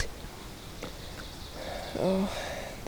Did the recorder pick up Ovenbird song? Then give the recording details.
yes. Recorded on 2 June 2016 at 12:01. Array SBT-3-7